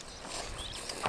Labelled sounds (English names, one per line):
Superb Starling flight call